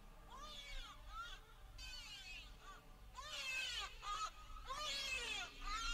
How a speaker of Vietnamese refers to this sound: Vừa quay người đi được mấy bước thì bọn trẻ con giật mình, nghe thấy đâu đó quanh đây có tiếng trẻ con khóc. Tiếng khóc vặn vẹo vang lên tứ phía, làm cho cả đám trẻ giật mình.